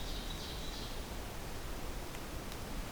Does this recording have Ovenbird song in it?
yes